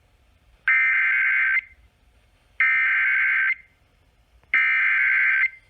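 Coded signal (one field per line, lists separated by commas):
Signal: Emergency Alert System (SAME) tones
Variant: header bursts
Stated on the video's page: Severe Thunderstorm Warning alerts DXed on stations in and near Alabama, plus a couple of closer stations.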